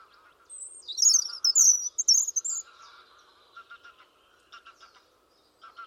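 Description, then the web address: European robin singing high, thin warbled phrases with quick trills and slides, followed by softer, lower chipping notes repeated at intervals. "Deverinetal 2025 File origin Bird Only Er Ru"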